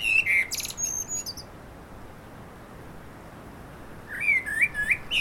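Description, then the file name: Common blackbird song fragments: a high squeaky twitter opens, several seconds of quiet follow, then a fresh run of low fluted, warbling whistles begins. "Turdus merula"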